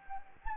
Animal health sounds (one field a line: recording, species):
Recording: mosquito wingbeat signal from an infrared sensor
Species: Anopheles gambiae